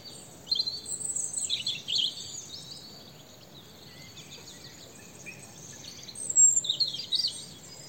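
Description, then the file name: European robin uttering high, thin, twittering phrases in short bursts, with quiet gaps between them and a soft background hiss. "Erithacus rubecula"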